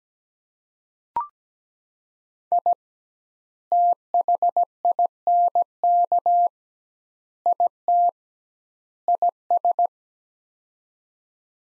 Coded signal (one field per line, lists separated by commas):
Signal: Morse code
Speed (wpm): 17 wpm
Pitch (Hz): 700 Hz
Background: none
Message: I THINK IT IS